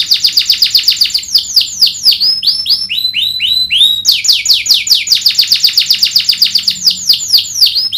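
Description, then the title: Domestic canary sings continuous fast trills of sharply sweeping notes, switching between quicker and slower repeated phrases throughout. Vigorously singing ('gacor') domestic canary, song praised for best 'cengkok' phrasing and most luxurious 'isian'. "Kenari Gacor Cengkok Terbaik Isian Paling Mewah Kenarigacor Kicaumania Kenari"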